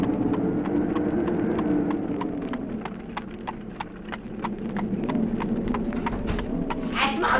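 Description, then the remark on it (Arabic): Steady clip-clop of horse hooves pulling a coach carrying passengers from Whitecross, sharp regular knocks repeating about twice a second over a low rumbling wheel and road noise, with no voices. “التي تحمل المسافرين من الصليب الأبيض.”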